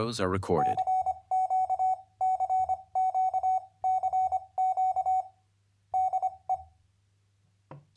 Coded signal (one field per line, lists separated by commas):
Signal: Morse code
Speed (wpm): 24 wpm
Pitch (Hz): 750 Hz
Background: speech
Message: CQCQCQ DE